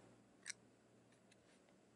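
A microSD card is pushed chip side up into the spring-latch card slot of a hardware wallet and clicks into place at 0.5 s with a sharp, bright snap. Fainter ticks follow later over a low steady hum, and the card is seated.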